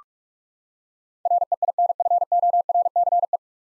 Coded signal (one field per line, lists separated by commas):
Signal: Morse code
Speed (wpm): 42 wpm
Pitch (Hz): 700 Hz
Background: none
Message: REINFORCE